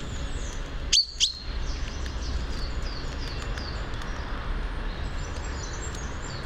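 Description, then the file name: Common chaffinch calls: two sharp, loud high notes close together near the one-second mark, over faint, thin chirps and low rumbling noise. "Fringilla coelebs"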